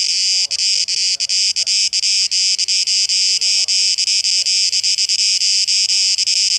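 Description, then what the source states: Cicada buzzing, high and dense, with brief stutters and dropouts, and faint lower sounds scattered behind it. Cicadas recorded 12 August 2023; tape echo mix.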